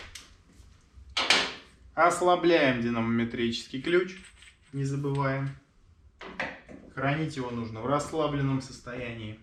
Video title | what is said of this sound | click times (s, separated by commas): Как вернуть управляемость Suzuki Skywave 650? Подтягиваем маятник | Затягиваем до щелчка. | 1.2 s